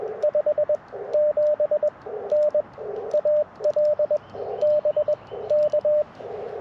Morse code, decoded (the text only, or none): 57N AL BK